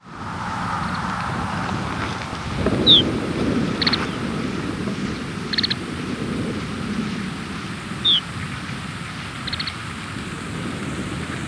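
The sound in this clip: Lapland longspur calls: a few brief, high notes, some sharply descending, others short clustered ticks, scattered across steady loud wind and low rumbling noise.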